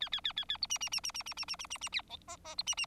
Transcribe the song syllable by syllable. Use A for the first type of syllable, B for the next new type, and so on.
A A A A A B C C C C C C C C C C C D E E B C C